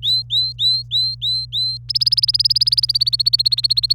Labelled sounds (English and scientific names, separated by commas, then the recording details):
Domestic Canary (Serinus canaria) song
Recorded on 26 April 2018 at 06:32
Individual llb3